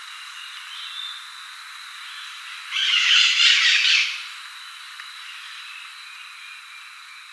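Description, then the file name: Bird giving one harsh, buzzy squawk lasting about a second in the middle, over a steady high-pitched whine and faint hiss. "SABIOD 50 bird 2015"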